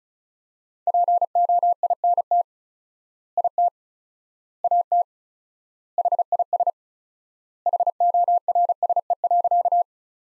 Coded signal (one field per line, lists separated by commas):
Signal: Morse code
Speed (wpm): 34 wpm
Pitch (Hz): 700 Hz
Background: none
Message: POINT IT AT HIS HORSE.